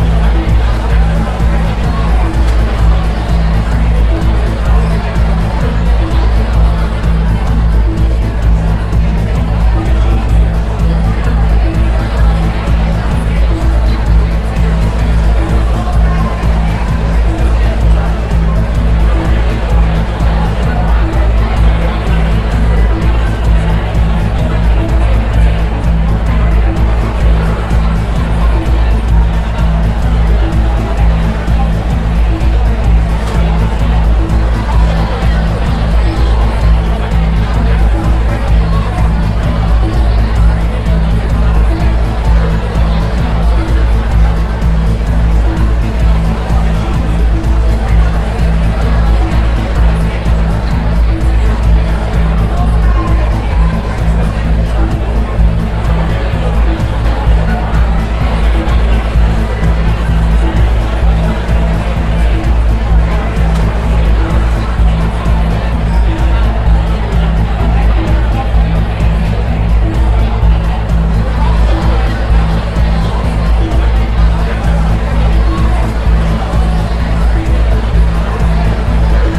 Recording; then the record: background sound without coughing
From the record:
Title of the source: Party Noise 1 Hour Party Ambience